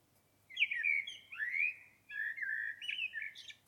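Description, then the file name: Common blackbird song: two sliding, warbled phrases back to back, the second ending in a higher, squeaky note. "Turdus merula"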